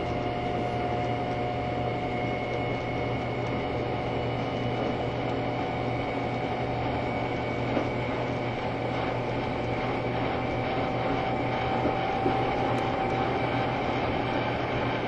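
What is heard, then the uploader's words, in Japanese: A Taiwan Railway EMU1200 electric train races along, its nose-suspended traction motors growling steadily throughout. A low hum and several whining tones sit over dense rumbling running noise, with the middle whine climbing slightly toward the end and faint clicks near eight and thirteen seconds. 台鐵EMU1200型 自強號122次02 新營～彰化。縦貫線を北上する自強號のうち、吊掛駆動車両の台鐵EMU1200型電車を収録したものです。吊り掛け駆動独特のモーター音を唸らせながら爆走しています。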